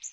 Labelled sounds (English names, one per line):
Yellow Warbler flight call